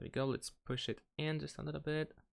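A SIM card is lined up with the frame of a Xiaomi 14T/14T Pro SIM tray and pushed in a little while someone talks, and a slight click would mean it is inserted correctly. Nothing has seated or clicked yet.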